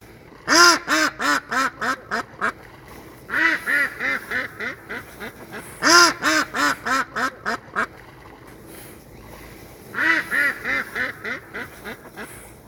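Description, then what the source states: Duck calls in laughing series, each burst of about eight nasal quacks falling in strength, the bursts repeating every few seconds. Ducks giving calls likened to laughing.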